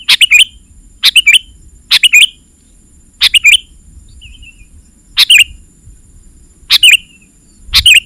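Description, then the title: Sooty-headed bulbul calls: a series of loud, bright chirped phrases at slightly irregular intervals of one to two seconds, some doubled, against a quiet background. "kutilang"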